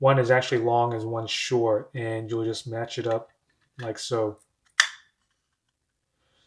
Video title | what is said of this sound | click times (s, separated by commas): Build your own Portable SSD Drive- Quick and Easy | need to put a lot of pressure in there as long as you know you hear that nice click that will mean that you actually said it's mounted correctly | 4.8 s